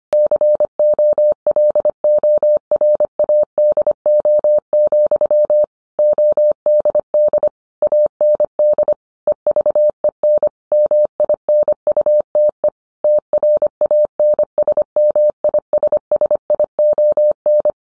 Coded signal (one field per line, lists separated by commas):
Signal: Morse code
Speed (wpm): 25 wpm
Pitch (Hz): 600 Hz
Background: none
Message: COLORADO, ODD AND EVEN MINUTE TRANSMISSION